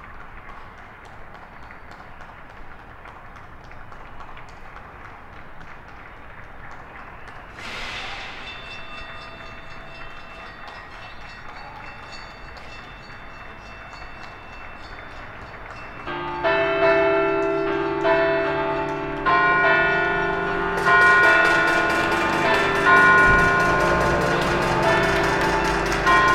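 Residents protest from city balconies with metallic ringing and clanging, faint at first, one sharp strike early, then swelling louder and denser.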